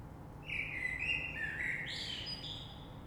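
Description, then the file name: Common blackbird singing one mellow fluted phrase that ends in a higher, thin twittering flourish, over a steady low background rumble. Recorded 3 March 2020. "Rush Merle"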